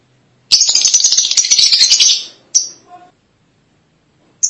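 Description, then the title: Lovebird chatter: a continuous rapid, rattling high-pitched twitter lasting about two seconds, then a single chirp, silence, and another chirp at the end. "BM Suara Burung Lovebird"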